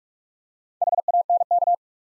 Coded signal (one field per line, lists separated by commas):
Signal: Morse code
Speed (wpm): 46 wpm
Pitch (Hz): 700 Hz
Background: none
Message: HANK